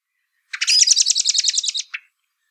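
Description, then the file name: Common blackbird giving a rapid, harsh rattling chatter of about a dozen clipped notes over a second and a half, ending with one separate note; no other sounds. "Turdus merula"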